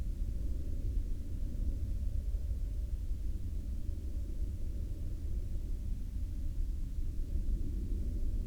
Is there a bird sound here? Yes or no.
no